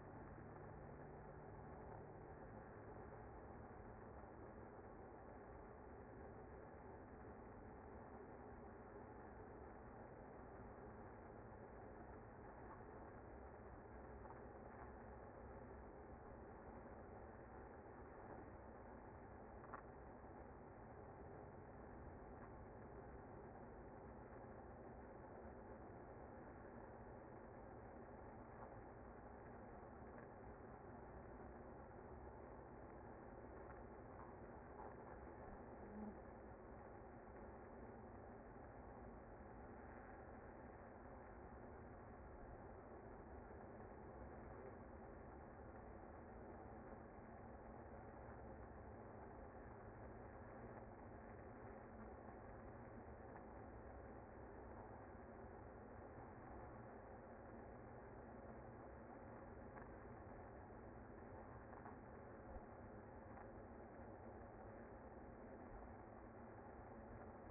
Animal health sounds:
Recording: honeybee colony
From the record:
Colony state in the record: active

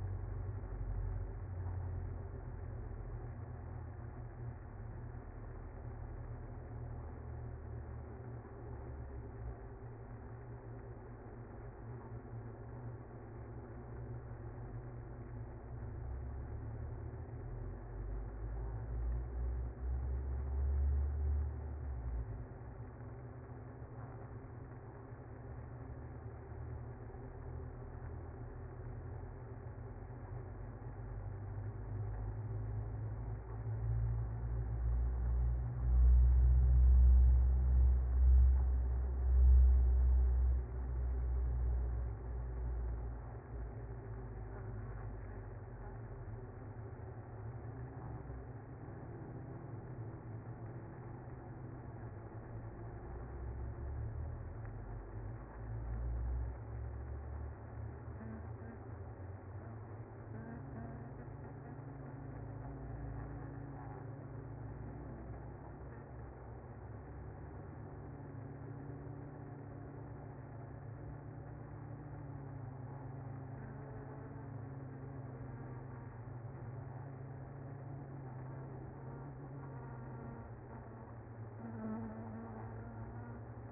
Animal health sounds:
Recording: honeybee colony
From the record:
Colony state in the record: active

